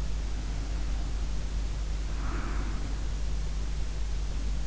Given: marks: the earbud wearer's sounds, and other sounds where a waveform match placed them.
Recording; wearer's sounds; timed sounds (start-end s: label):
sounds in sleep by an in-ear microphone; breath
0.36-3.28 s: breath